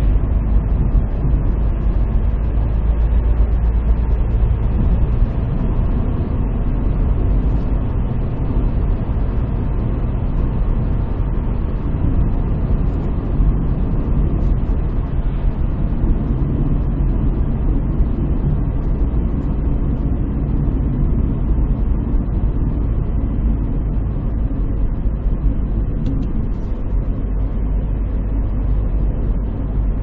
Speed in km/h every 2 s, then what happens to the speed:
73, 76, 81, 81, 80, 80, 76, 72, 68, 64, 61, 58, 55, 55, 56.
0-4 speeds up to 81. 4-10 steady at about 80. 10-23 slows to 55. 23-30 steady at about 55.